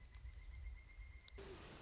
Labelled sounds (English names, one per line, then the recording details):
Pileated Woodpecker
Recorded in Sonoma County, California